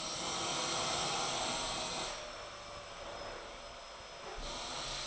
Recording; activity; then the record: daily activity, microphone in the room; vacuum cleaning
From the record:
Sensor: 5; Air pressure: 995.4 hPa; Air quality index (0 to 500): 81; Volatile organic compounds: 3 ppm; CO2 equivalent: 1495 ppm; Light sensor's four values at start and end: 31/74/29/29 and 32/77/31/31